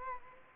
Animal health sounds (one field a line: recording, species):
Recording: mosquito wingbeat signal from an infrared sensor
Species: Anopheles gambiae